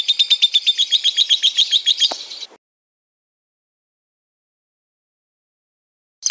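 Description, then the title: Lovebird chatter, a quick series of bright, sharp chirps for about two seconds, then silence, with a brief burst of chirping at the very end. Training audio (masteran) of a lovebird. "MASTERAN BURUNG 2. Lovebird"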